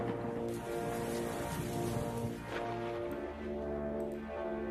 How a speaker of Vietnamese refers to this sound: Ngoài trời mưa vẫn đang rơi rả rích.